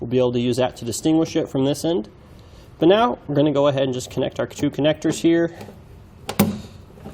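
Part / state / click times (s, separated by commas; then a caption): harness plug into mating harness connector / seated / 6.3 s, 6.4 s. Someone talks while two plastic Curt 5th wheel/gooseneck wiring harness connectors are pushed together under the bed of a 2017 Ford F-350 Super Duty, the harness plug going into its mating connector. Two sharp clicks at 6.3 s and 6.4 s mark the connectors locking in place, fully seated.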